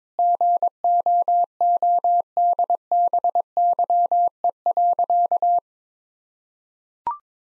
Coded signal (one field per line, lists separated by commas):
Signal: Morse code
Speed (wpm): 22 wpm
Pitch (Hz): 700 Hz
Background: none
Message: GOODBYE.